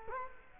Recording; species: mosquito wingbeat signal from an infrared sensor; Culex quinquefasciatus